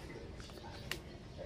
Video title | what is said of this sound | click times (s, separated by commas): PAANO MAGPALIT ng LENS COVER sa NMAX | tapos may maririnig kayo clicking sound | 0.9 s